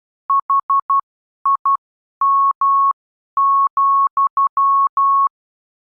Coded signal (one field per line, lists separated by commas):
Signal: Morse code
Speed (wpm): 12 wpm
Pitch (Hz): 1100 Hz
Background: none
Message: HIM,